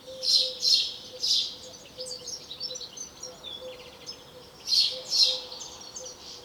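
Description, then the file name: House sparrow giving quick bright chirps in bursts of two or three, a quieter patch of softer calls between; a faint steady low hum runs throughout. "Passer domesticus"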